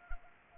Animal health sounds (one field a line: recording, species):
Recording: mosquito wingbeat signal from an infrared sensor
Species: Anopheles arabiensis